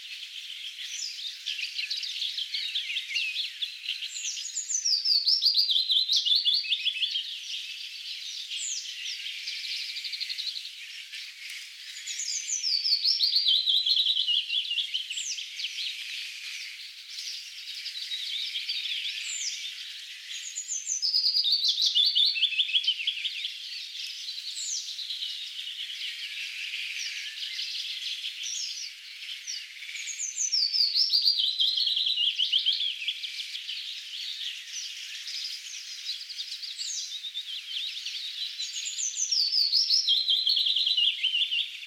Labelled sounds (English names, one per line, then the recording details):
Willow Warbler song
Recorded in the wild
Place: Berezinsky, BY
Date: 2005-05-17
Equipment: Minidisc Sony MZ-R35, Telinga DAT, Telinga-Parabolspiegel
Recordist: Schwarz, Dieter